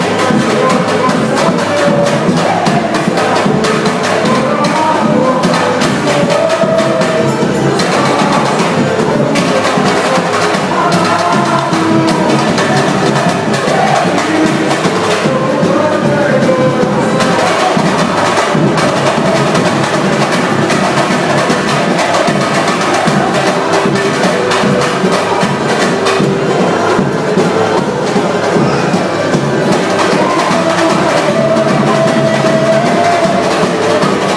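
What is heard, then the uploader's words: Brazilians partying: a dense, steady crowd roar of overlapping voices and shouts holds without pause for the whole stretch, with occasional sharper cries. These brasilians know how to party! at Holiday Inn.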